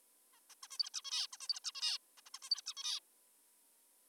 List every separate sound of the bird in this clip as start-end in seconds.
0.32-0.40, 0.50-0.55, 0.63-0.68, 0.71-0.78, 0.79-0.90, 0.94-1.02, 1.05-1.27, 1.33-1.37, 1.41-1.48, 1.49-1.60, 1.64-1.72, 1.75-1.98, 2.18-2.21, 2.26-2.30, 2.34-2.39, 2.43-2.50, 2.51-2.62, 2.66-2.74, 2.77-3.00